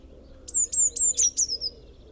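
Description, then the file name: Eurasian blue tit giving one phrase of five or six sharp high notes that slide slightly downward. "Cyanistes caeruleus"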